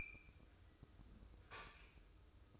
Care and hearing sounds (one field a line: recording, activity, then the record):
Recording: daily activity, microphone in the room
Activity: open fridge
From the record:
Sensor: 2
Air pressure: 995.1 hPa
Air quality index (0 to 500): 63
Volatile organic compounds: 2 ppm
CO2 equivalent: 1072 ppm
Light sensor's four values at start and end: 17/55/21/21 and 17/55/21/21